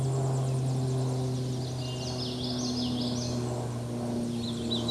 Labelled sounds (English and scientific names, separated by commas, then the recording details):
Common Yellowthroat (Geothlypis trichas) song
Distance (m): 25 m
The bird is about 5 m above the microphone
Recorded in a Pennsylvania forest on 16 May 2024 at 08:06
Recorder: AudioMoth, point MSD-2453
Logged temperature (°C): 16.3 °C
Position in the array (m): 226 m, 181 m